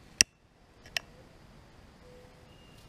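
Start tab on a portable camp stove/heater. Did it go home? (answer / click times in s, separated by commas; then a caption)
yes / 0.2 s. The start tab on a portable camp stove or heater is pulled upward toward the grill and clicks into place at 0.2 s with a sharp, loud snap. A second, quieter sharp tick follows at about 1.0 s, then only faint low background noise with a few thin tones. The tab is seated.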